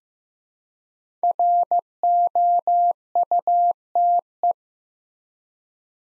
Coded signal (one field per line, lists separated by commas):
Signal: Morse code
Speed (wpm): 15 wpm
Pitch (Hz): 700 Hz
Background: none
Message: ROUTE